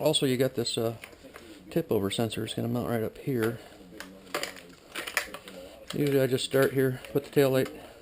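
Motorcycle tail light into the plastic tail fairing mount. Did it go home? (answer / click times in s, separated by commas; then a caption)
no / none. A motorcycle tail light unit is handled at its mount in the plastic tail fairing of a ZX10R being converted from track to street, with the tip-over sensor mounting spot nearby. Someone talks throughout, and short sharp knocks and clicks of plastic handling are heard between about 4.0 and 5.3 seconds. The tail light has not snapped or seated yet when the clip ends.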